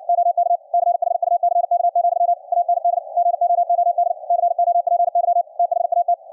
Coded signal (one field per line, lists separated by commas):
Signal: Morse code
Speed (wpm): 56 wpm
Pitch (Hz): 700 Hz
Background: none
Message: OK CHUCK, AND GOOD COPY THAT